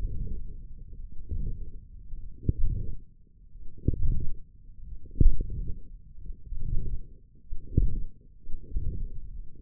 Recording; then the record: forearm muscle sounds (acoustic myography)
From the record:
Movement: wrist flexion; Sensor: system 1, eight BSWA MPA416 microphones around the upper forearm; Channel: 3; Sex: male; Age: 21 years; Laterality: right